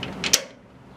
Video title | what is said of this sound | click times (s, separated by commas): How to Insert the Jaws Into a 3-Jaw Chuck on a Metal Lathe | jaw until it clicks like that | 0.3 s